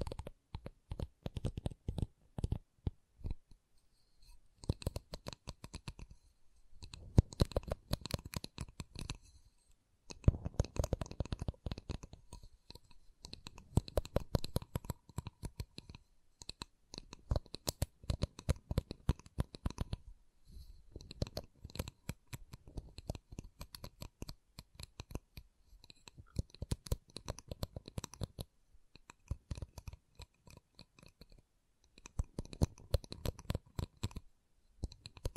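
Wooden triggers: quick tapping, clicking and scratching on wood, coming in dense bursts with short gaps of near silence between them. The taps are sharp and crisp, some bright and others duller and heavier, with a light rustle like shuffled cards.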